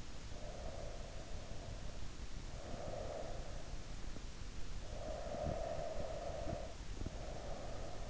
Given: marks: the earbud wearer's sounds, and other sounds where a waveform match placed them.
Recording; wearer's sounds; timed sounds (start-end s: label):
sounds in sleep by an in-ear microphone; breath
0.25-3.49 s: breath
4.85-8.09 s: breath